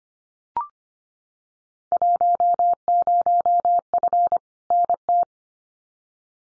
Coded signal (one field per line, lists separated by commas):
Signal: Morse code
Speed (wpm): 25 wpm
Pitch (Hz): 700 Hz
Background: none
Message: 10F NT